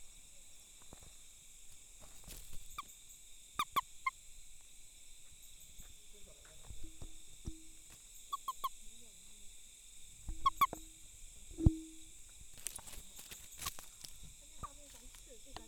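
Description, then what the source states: Frog calls: short clicking notes in pairs and small groups, scattered throughout, over a steady high background hum and a few low tonal blips. Recorded 2 November 2018, between 18:00 and 20:00 in the evening.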